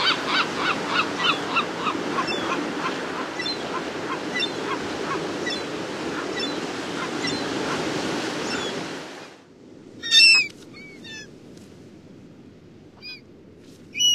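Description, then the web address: Western gull calling: a long series of evenly repeated nasal notes over heavy background noise for about nine seconds, then, after a sudden drop to quiet, a few sharp squealing calls. "Songs of Birds of North America Stokes. Western Gull"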